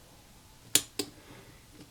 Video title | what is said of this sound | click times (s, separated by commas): Fossil Nate Chronograph Watch Battery Replacement - 364 Watch Battery Change DIY | get inside, and then I'm going to hear that click. | 0.8 s